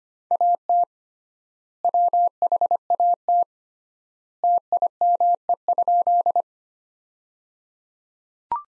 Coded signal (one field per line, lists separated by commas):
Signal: Morse code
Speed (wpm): 25 wpm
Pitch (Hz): 700 Hz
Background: none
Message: AT WHAT TIME?